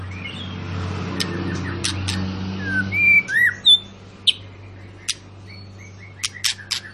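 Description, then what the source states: White-rumped shama giving scattered slurred whistles and sharp clicks over a steady low hum. Long lure recording of an actively singing White-rumped shama, played to make other birds sing.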